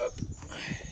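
A second rod holder is being handled onto a standard mounting ring of a Rapala FT 140 float tube while someone talks. Low thumps and handling noise are heard, but nothing has seated or clicked yet.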